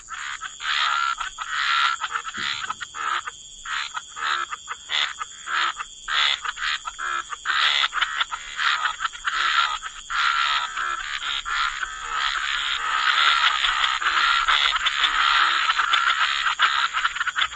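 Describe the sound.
Frogs calling in a chorus of short, rasping bursts repeated irregularly, overlapping more densely toward the end, over a steady high hiss.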